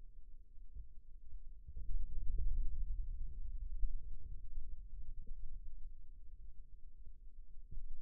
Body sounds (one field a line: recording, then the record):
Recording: forearm muscle sounds (acoustic myography)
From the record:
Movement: hand closing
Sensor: system 2, bracelet of six BSWA MPA416 microphones around the upper forearm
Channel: 2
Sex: male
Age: 22 years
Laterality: right